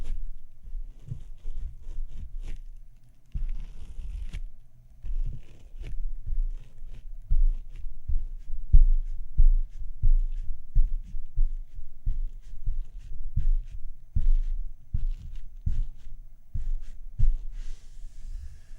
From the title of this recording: Touching & Tapping Your Face (No Talking) Camera Tapping, Scratching, etc.